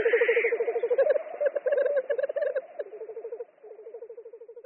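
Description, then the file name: Black grouse lekking song: a hissing whoosh opens, then fast bubbling cooing pulses run on, fading slightly toward the end. "Tetřívek-obecný"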